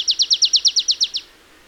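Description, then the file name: Marsh tit: about eleven loud, sharp downslurred chips in a quick, regular series that ends after a second. "Poecile palustris"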